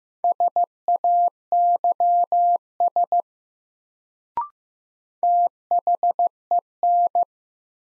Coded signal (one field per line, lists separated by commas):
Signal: Morse code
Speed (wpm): 15 wpm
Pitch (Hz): 700 Hz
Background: none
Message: SAYS THEN